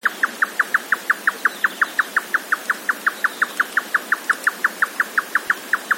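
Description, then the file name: Grey nightjar song, crisp tapping notes delivered at a steady, rapid pace for the whole stretch. "yotaka"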